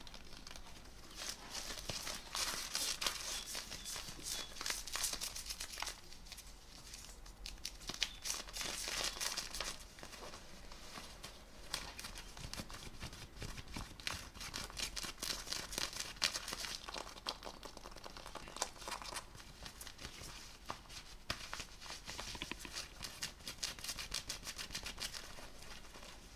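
Fabric scratching, with jeans and a shirt rubbed and scraped continuously for the whole stretch. The rasping is dense and bright, with fast scratchy strokes that swell into louder bursts around 2–4, 9 and 14–16 seconds, then continue more evenly.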